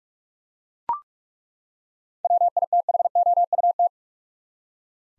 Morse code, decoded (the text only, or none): WITHOUT